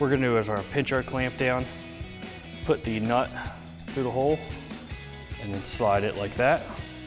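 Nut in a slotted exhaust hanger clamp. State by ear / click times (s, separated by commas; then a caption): not seated / none. A slotted metal exhaust hanger clamp, supplied with an MBRP Armor Lite single exhaust system for a 2020-2024 6.6L Silverado 2500, is pinched down while its nut is pushed through the hole and slid along the slot. Someone talks over music throughout. The nut has not yet locked into place, so nothing has seated or clicked by the end of the clip.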